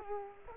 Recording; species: mosquito wingbeat signal from an infrared sensor; Culex quinquefasciatus